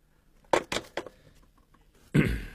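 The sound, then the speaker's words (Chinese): Three sharp raps on a door in quick, slightly uneven succession, then a pause before a louder, fuller thud-like burst that lingers briefly. “不能聊了，有人敲门，改日再见。”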